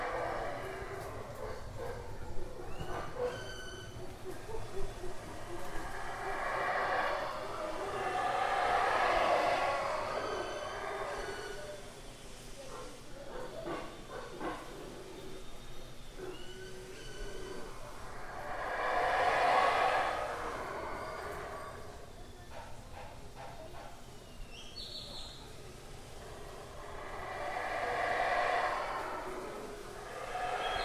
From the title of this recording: Howler Monkeys in the Jungle: The Sound of the Rainforest